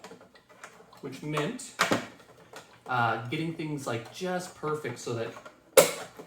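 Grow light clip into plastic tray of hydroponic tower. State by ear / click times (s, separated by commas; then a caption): seated / 5.8 s. A plastic grow-light unit is pressed onto the plastic tray of a hydroponic tower while someone talks. Its clip snaps into place with a sharp click at 5.8 s, seating the light firmly enough that the tray can be lifted by the lights.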